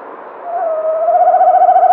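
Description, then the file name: Tawny owl giving a single low, steady hoot with a faint tremolo, rising slightly toward its end. "kattugle"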